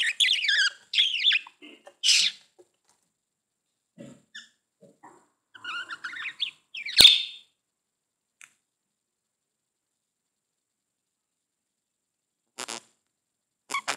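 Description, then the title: Budgerigar warbling chatter, fast squeaky twittering notes in the first seconds, then scattered soft chirps, one sharp chirp near seven seconds and a few clicks with quiet gaps. "Budgie Sounds"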